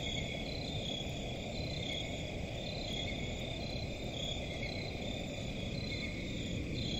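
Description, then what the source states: Crickets give a continuous chorus of high trills over a constant low rumble. Crickets in a forest at night.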